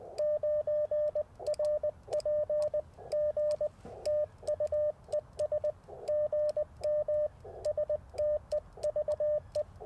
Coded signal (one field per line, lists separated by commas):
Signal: Morse code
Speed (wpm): 20 wpm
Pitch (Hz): 590 Hz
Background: radio noise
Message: 9RP G TU ES GM STEVE